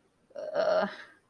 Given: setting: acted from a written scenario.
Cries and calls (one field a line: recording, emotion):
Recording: vocal sound without words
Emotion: embarrassment